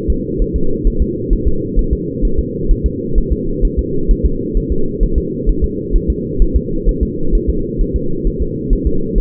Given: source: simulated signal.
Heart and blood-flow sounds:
fetal heart sounds
0.10 s: S2
0.42 s: S1
0.56 s: S2
0.87 s: S1
1.02 s: S2
1.33 s: S1
1.48 s: S2
1.79 s: S1
1.93 s: S2
2.25 s: S1
2.39 s: S2
2.71 s: S1
2.86 s: S2
3.18 s: S1
3.33 s: S2
3.65 s: S1
3.79 s: S2
4.11 s: S1
4.26 s: S2
4.57 s: S1
4.72 s: S2
5.03 s: S1
5.18 s: S2
5.49 s: S1
5.64 s: S2
5.96 s: S1
6.10 s: S2
6.42 s: S1
6.56 s: S2
6.89 s: S1
7.03 s: S2
7.35 s: S1
7.50 s: S2
7.81 s: S1
7.96 s: S2
8.27 s: S1
8.42 s: S2
8.73 s: S1
8.87 s: S2
9.18 s: S1
From the record:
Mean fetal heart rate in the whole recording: 130 bpm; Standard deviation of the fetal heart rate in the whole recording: 2 bpm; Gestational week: 38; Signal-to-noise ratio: -8.1 dB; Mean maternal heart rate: 72 bpm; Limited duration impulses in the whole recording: absent

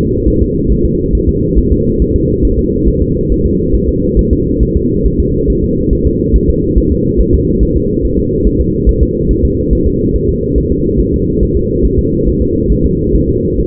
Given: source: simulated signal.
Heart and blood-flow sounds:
fetal heart sounds
0.28 s: S1
0.42 s: S2
0.72 s: S1
0.85 s: S2
1.15 s: S1
1.29 s: S2
1.59 s: S1
1.72 s: S2
2.02 s: S1
2.16 s: S2
2.45 s: S1
2.59 s: S2
2.88 s: S1
3.02 s: S2
3.32 s: S1
3.46 s: S2
3.75 s: S1
3.89 s: S2
4.19 s: S1
4.33 s: S2
4.63 s: S1
4.76 s: S2
5.06 s: S1
5.20 s: S2
5.50 s: S1
5.64 s: S2
5.93 s: S1
6.07 s: S2
6.36 s: S1
6.50 s: S2
6.78 s: S1
6.92 s: S2
7.21 s: S1
7.34 s: S2
7.63 s: S1
7.76 s: S2
8.05 s: S1
8.19 s: S2
8.47 s: S1
8.60 s: S2
8.89 s: S1
9.03 s: S2
9.31 s: S1
9.45 s: S2
9.73 s: S1
9.87 s: S2
10.16 s: S1
10.29 s: S2
10.58 s: S1
10.72 s: S2
11.00 s: S1
11.14 s: S2
11.43 s: S1
11.57 s: S2
11.85 s: S1
11.99 s: S2
12.28 s: S1
12.42 s: S2
12.72 s: S1
12.85 s: S2
13.16 s: S1
13.29 s: S2
13.60 s: S1
From the record:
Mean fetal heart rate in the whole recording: 140 bpm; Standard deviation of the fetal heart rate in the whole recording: 2 bpm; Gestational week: 34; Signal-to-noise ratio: -14.7 dB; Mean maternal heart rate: 72 bpm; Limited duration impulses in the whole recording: present

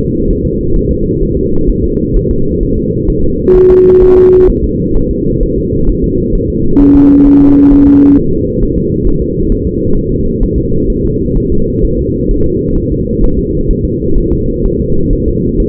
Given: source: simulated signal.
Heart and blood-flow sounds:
fetal heart sounds
0.30 s: S1
0.45 s: S2
0.76 s: S1
0.91 s: S2
1.23 s: S1
1.37 s: S2
1.69 s: S1
1.84 s: S2
2.16 s: S1
2.31 s: S2
2.63 s: S1
2.78 s: S2
3.10 s: S1
3.24 s: S2
3.56 s: S1
3.71 s: S2
4.03 s: S1
4.18 s: S2
4.50 s: S1
4.64 s: S2
4.97 s: S1
5.11 s: S2
5.43 s: S1
5.58 s: S2
5.89 s: S1
6.04 s: S2
6.35 s: S1
6.50 s: S2
6.81 s: S1
6.96 s: S2
7.27 s: S1
7.42 s: S2
7.73 s: S1
7.87 s: S2
8.18 s: S1
8.33 s: S2
8.63 s: S1
8.78 s: S2
9.08 s: S1
9.22 s: S2
9.52 s: S1
9.67 s: S2
9.97 s: S1
10.12 s: S2
10.43 s: S1
10.58 s: S2
10.90 s: S1
11.05 s: S2
11.37 s: S1
11.52 s: S2
11.85 s: S1
11.99 s: S2
12.31 s: S1
12.46 s: S2
12.77 s: S1
12.92 s: S2
13.24 s: S1
13.39 s: S2
13.70 s: S1
13.85 s: S2
14.18 s: S1
14.33 s: S2
14.66 s: S1
14.80 s: S2
15.13 s: S1
15.28 s: S2
15.60 s: S1
From the record:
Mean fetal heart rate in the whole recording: 130 bpm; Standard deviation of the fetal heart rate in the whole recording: 4 bpm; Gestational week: 38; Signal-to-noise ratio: -16.4 dB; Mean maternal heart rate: 72 bpm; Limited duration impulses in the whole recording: present

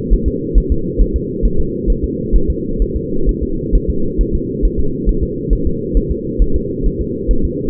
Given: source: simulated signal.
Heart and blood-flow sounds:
fetal heart sounds
0.13 s: S1
0.28 s: S2
0.58 s: S1
0.72 s: S2
1.02 s: S1
1.16 s: S2
1.45 s: S1
1.60 s: S2
1.90 s: S1
2.04 s: S2
2.36 s: S1
2.50 s: S2
2.82 s: S1
2.96 s: S2
3.29 s: S1
3.43 s: S2
3.75 s: S1
3.90 s: S2
4.21 s: S1
4.35 s: S2
4.65 s: S1
4.80 s: S2
5.09 s: S1
5.23 s: S2
5.53 s: S1
5.67 s: S2
5.97 s: S1
6.11 s: S2
6.42 s: S1
6.56 s: S2
6.86 s: S1
7.01 s: S2
7.31 s: S1
7.45 s: S2
From the record:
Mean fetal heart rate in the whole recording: 135 bpm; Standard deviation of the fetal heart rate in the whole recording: 3 bpm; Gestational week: 36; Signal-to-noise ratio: -8.1 dB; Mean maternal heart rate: 72 bpm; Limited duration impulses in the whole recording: absent

